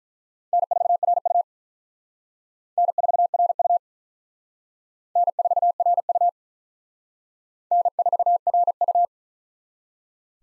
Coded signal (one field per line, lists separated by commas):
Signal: Morse code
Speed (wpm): 42 wpm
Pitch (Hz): 700 Hz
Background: none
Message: N4RU N4RU N4RU N4RU